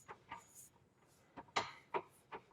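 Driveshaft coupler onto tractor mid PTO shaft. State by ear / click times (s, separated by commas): seated / 1.6 s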